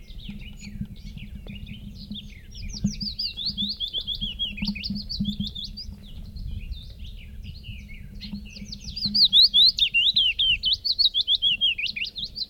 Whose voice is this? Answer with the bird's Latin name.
Phylloscopus trochilus